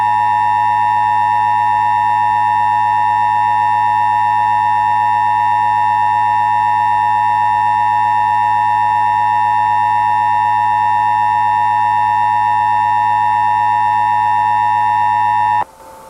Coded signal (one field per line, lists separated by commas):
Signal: Emergency Alert System (SAME) tones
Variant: 853 and 960 Hz attention tone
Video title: NAILED IN- EAS SCENARIO/ANALOG HORROR